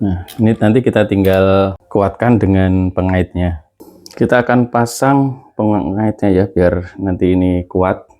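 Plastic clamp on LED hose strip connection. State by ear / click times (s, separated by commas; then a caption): not seated / none. A plastic retaining clamp is being handled to fit over the LED hose strip connection and secure it. Someone talks throughout, and any handling sounds are faint. Nothing has seated or clicked yet; the clamp has not snapped shut by the end.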